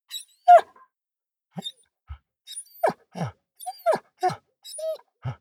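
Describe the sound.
Dog squeaking and panting: many brief squeaks, whines and breathy puffs spaced irregularly over five seconds, with quiet gaps between.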